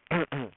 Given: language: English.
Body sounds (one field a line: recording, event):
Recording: throat vibration sensor signal played as sound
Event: throat clearing